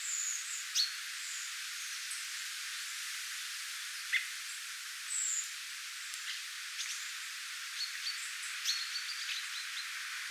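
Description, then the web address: Redwing flight calls, a few thin high descending seeps early and around five seconds, with scattered clicks and short ticking sounds against a hissing background. Redwings near a bird tower, 8 September 2026. "paivat 8 9 2026 punakylkirastaita lintutornin lahella"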